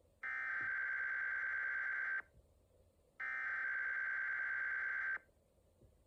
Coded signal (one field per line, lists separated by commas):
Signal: Emergency Alert System (SAME) tones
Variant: header bursts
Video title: A Normal Day | EAS #24-34